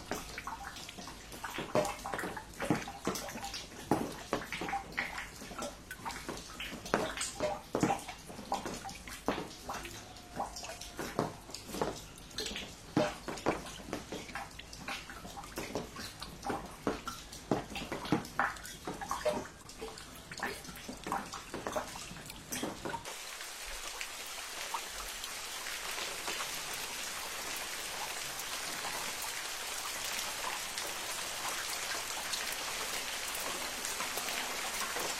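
Water from a rain leak drips and splashes in quick, irregular drops, crisp, over a soft steady patter for the first twenty-three seconds. Then the sound changes abruptly to a dense, even hiss of falling water, brighter and without the separate drips.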